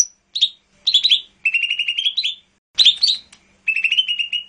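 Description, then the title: Bird song mixing sharp whistled notes with rapid rattling trills, phrases separated by brief silences, clear against a quiet background. "SuaraBurung Kicau"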